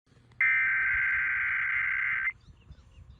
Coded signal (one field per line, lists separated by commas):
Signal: Emergency Alert System (SAME) tones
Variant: header bursts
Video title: MY FIRST WAFX ALERT - Surry Nuclear Power Plant Test (Virginia) (03/09/2022) - EAS #38